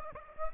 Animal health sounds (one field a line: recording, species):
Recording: mosquito wingbeat signal from an infrared sensor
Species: Aedes aegypti